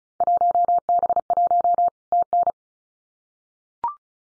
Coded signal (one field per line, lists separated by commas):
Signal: Morse code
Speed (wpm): 36 wpm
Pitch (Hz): 700 Hz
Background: none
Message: 1B1 TN